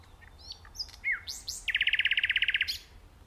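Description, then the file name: Common nightingale song: soft whistles and sweeping notes lead into a loud, fast, machine-gun series of identical repeated notes lasting about a second. "Luscinia megarhynchos"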